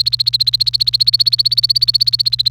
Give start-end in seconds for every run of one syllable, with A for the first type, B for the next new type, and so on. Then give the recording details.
0.00-2.49 A. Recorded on 28 April 2018 at 14:10. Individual llb3